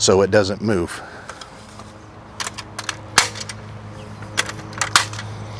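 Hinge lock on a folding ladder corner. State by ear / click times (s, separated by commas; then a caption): seated / 3.2 s, 5.0 s. Someone talks briefly at the start, then locks a metal corner hinge lock on a GP Logistics SLDD6 folding RV ladder so it won't move, with light handling taps around it. The hinge locks snap into place with sharp clicks at 3.2 s and 5.0 s, showing that side is locked.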